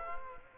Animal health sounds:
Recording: mosquito wingbeat signal from an infrared sensor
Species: Culex quinquefasciatus

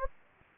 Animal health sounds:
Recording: mosquito wingbeat signal from an infrared sensor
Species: Anopheles gambiae

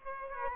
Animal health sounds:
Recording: mosquito wingbeat signal from an infrared sensor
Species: Aedes aegypti

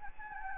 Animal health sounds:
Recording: mosquito wingbeat signal from an infrared sensor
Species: Anopheles gambiae

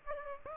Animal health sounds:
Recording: mosquito wingbeat signal from an infrared sensor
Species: Aedes aegypti

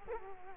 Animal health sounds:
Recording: mosquito wingbeat signal from an infrared sensor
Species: Culex quinquefasciatus

